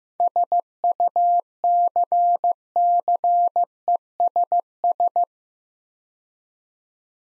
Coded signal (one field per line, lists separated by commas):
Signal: Morse code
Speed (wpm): 16 wpm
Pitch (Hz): 700 Hz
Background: none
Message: SUCCESS